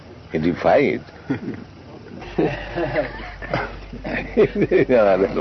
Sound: laughs

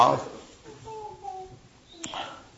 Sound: child talking

